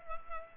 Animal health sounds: mosquito wingbeat signal from an infrared sensor; Culex pipiens

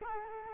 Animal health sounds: mosquito wingbeat signal from an infrared sensor; Culex quinquefasciatus

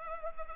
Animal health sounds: mosquito wingbeat signal from an infrared sensor; Culex pipiens

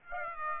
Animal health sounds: mosquito wingbeat signal from an infrared sensor; Aedes aegypti

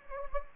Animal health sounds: mosquito wingbeat signal from an infrared sensor; Anopheles gambiae

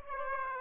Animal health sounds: mosquito wingbeat signal from an infrared sensor; Aedes aegypti

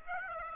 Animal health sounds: mosquito wingbeat signal from an infrared sensor; Aedes aegypti

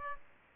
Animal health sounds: mosquito wingbeat signal from an infrared sensor; Aedes aegypti

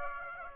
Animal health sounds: mosquito wingbeat signal from an infrared sensor; Aedes aegypti

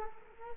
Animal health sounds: mosquito wingbeat signal from an infrared sensor; Culex quinquefasciatus

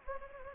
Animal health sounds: mosquito wingbeat signal from an infrared sensor; Anopheles gambiae

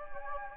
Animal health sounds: mosquito wingbeat signal from an infrared sensor; Anopheles gambiae

